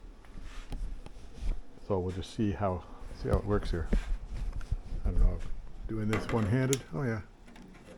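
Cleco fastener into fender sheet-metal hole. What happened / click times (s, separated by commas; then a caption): A small fastener is handled but has not yet seated / none. Working one-handed with cleco pliers, someone handles a spring-loaded sheet-metal cleco fastener at a hole in the right side front fender panel of a 1963 Hillman Super Minx while talking throughout. Faint, brief handling ticks are heard around 0.3, 0.7, 1.1, 4.5–4.6 and 7.6 seconds. The cleco has not yet seated or locked into the hole by the end.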